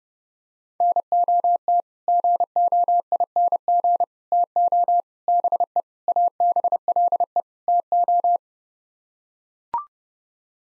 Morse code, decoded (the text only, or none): NOT GOING TO BE ABLE TO